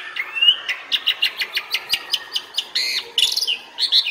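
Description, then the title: Asian pied starling song, a steady series of quick clipped notes, followed by buzzy chatter and a whistle. Training song (masteran) meant to make birds that sing too little and seem listless sing more. "Masteran Jalak Suren Atasi Burung KURANG GACOR Dan LOYO"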